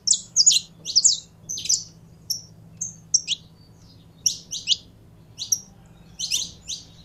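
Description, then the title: Belgian canary delivering separate loud high chirps and short trilled notes at uneven intervals, a faint low hum beneath. Song of a purebred Belgian canary. "Canto Do Canário Belga Puro"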